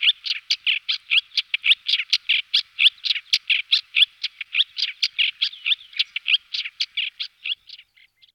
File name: Tuhyk belocely Lanius nubicus